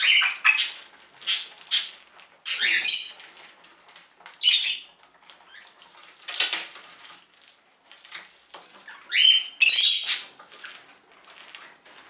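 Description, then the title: Budgerigar squawky calls, irregular harsh bursts and chirps with quieter gaps, louder notes near the end. "Budgie Sounds"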